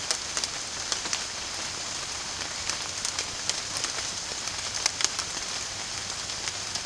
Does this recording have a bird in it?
no